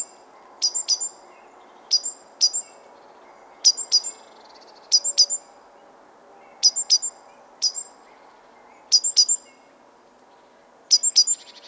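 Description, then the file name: Great tit repeating short bursts of two or three sharp high notes, with brief pauses between bursts throughout. "Parus major"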